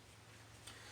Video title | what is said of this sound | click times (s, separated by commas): Review! PSE Archery Viper SS Handheld Crossbow | and then move it forward until it locks back in place | 0.7 s